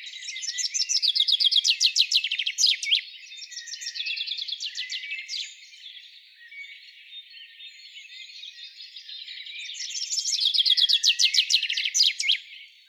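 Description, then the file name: Common chaffinch song sung twice, each a bright rattling trill closed by a flourish, with softer trilled phrases filling the gap between. "Fringilla coelebs"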